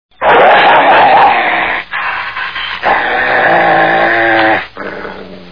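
Dog making long, rough, drawn-out growling and whining sounds in four sustained stretches separated by short breaks.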